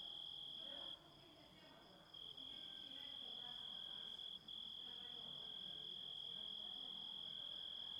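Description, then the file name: Grasshopper: a steady high-pitched trill running throughout, with a few brief dips in loudness. Composite of several sounds. "engisprettur samsett hljo rit"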